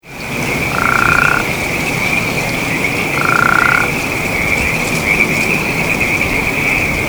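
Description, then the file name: Western spadefoot calling with short snoring trills about 0.7 seconds long, two calls roughly two and a half seconds apart, over a steady high insect drone. "speahammondii"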